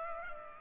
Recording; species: mosquito wingbeat signal from an infrared sensor; Culex pipiens